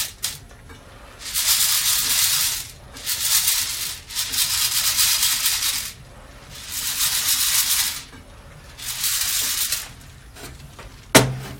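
Coffee beans roasting as bursts of bright, airy hissing come and go roughly every two seconds over a low hum, ending with a sharp knock.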